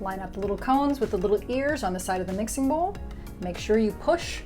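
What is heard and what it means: A mixing bowl is being fitted onto the bowl-lift arms of a stand mixer, with its little cones lined up with the ears on the arms. Someone talks over background music, and faint handling sounds come from the bowl. Nothing has snapped into place yet.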